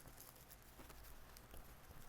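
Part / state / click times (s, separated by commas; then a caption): crimped wire terminal into ECU remote IO connector / not seated / none. A pre-terminated 5 V sensor power wire with a crimped terminal is pushed into a plastic cavity of an ECU remote IO connector, giving small scratchy contact noises and brief ticks around 0.2, 0.5, 1.4 and 1.6 seconds. The terminal has not clicked or locked in yet, held up by the neighbouring wires beside it.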